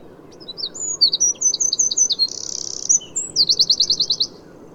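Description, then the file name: Eurasian wren song, high rapid twittering notes leading into a buzzy rattle, then a quick regular trill, over faint low background hiss. "Troglodytes troglodytes"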